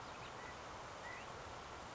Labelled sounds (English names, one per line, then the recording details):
California Quail
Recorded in Sonoma County, California